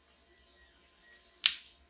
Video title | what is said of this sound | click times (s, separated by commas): Stinger 2 Maintenance | you go so it just snapped into place now you'll get this side-to-side movement in there that's good | 1.5 s